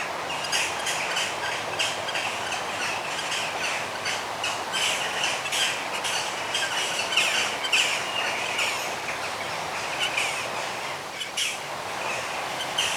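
Bird: dense chorus of high chirping birds, notes repeating rapidly throughout, over steady background hiss.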